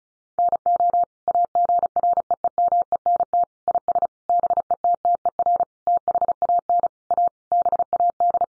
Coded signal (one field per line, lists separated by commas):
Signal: Morse code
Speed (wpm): 34 wpm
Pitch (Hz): 700 Hz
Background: none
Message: NO AGREEMENT IS BETTER THAN A BAD